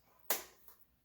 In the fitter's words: You'll hear some satisfying clicks.